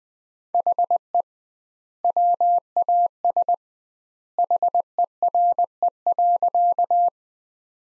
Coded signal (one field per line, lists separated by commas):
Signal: Morse code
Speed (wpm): 20 wpm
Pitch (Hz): 700 Hz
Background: none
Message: HE WAS HERE.